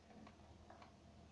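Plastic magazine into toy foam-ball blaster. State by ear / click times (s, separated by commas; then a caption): not seated / none. A plastic magazine (clip) is handled and pushed toward a toy foam-ball blaster, giving a few faint, short ticks around 0.3, 0.7 and 0.8 seconds over a low steady hum. The magazine has not snapped home yet; nothing has seated or clicked by the end.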